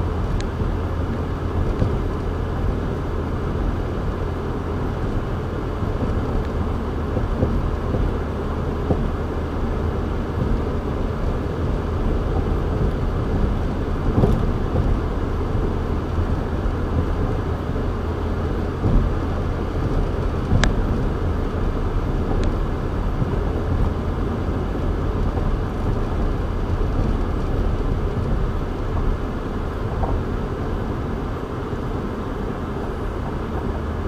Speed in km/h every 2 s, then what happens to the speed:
92, 93, 95, 97, 98, 100, 101, 101, 103, 105, 105, 106, 106, 106, 103, 98, 97.
0-22 speeds up to 106. 22-34 slows to 97.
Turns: none.